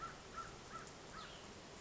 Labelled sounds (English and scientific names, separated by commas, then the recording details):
American Crow (Corvus brachyrhynchos)
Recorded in Sonoma County, California